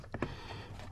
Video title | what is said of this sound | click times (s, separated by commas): 2024 Denali Ultimate Cabin Air Filter 6k miles | all right we are locked into place all right so you just got to get that clip on get that clipped in right | 0.2 s